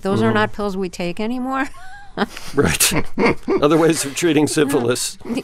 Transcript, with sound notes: are not pills we take anymore.
(LAUGHTER)
Right. Other ways of treating syphilis.